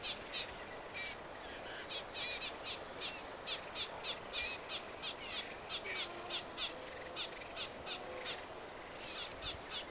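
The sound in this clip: Black-capped vireo song: short, high, sharp phrases in a rapid series, with faint lower notes underneath.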